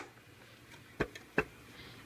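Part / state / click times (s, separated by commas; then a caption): plastic fitting onto a pet fountain pump / seated / 1.0 s, 1.4 s. A plastic part is pushed onto the submersible pump of a Drinkwell pet water fountain during reassembly. Two sharp, short clicks sound at 1.0 s and 1.4 s, with a fainter tick at 1.2 s, as the part snaps into place and seats on the pump.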